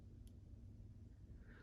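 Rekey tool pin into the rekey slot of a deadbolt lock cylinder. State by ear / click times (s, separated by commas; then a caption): not seated / none. With the key turned 90 degrees to horizontal, a metal smart key tool pin is pushed into the small slot beside the keyway of a deadbolt lock cylinder to activate rekeying. Only a low steady rumble is heard, with one faint, very brief high tick at 0.3 s. The pin has not clicked or seated, although the key could still be pulled out afterward.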